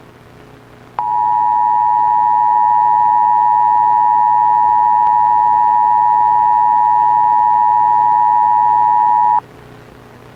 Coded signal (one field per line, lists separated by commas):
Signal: Emergency Alert System (SAME) tones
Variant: 853 and 960 Hz attention tone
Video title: EAS Scenario | World War III Russia Vs. NATO | Emergency Alert System | Part 1